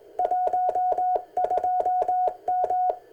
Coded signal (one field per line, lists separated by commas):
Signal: Morse code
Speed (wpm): 19 wpm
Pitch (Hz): 730 Hz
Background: none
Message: 12M